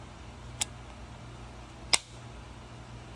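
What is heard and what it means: A metal pistol magazine is inserted into the magazine well of a DY9C pistol, producing two sharp clicks at 0.6 s and 1.9 s over a faint steady low hum, with the second click louder. The magazine is seated in the well.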